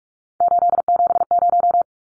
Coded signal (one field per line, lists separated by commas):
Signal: Morse code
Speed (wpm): 44 wpm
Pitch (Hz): 700 Hz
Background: none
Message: 870